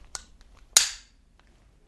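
On a second attempt, the metal slide and barrel assembly of a Beretta Mod 81F pistol is pushed home onto the frame. A faint click at about 0.2 s comes before a sharp, loud metallic snap at 0.8 s that rings out briefly, and the slide is seated.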